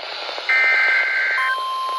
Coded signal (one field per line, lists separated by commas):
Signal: Emergency Alert System (SAME) tones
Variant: header bursts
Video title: EAS #385-386 Tornado Watch